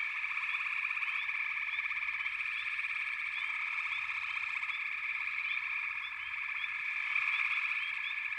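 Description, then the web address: Many frogs in a constant trilling chorus, with scattered short rising chirps and a slight swell near the end. "Nature Songs Nature Sounds The Natural Sounds of the Wilderness 10 CDs collection Echoes of Nature - Frog Chorus"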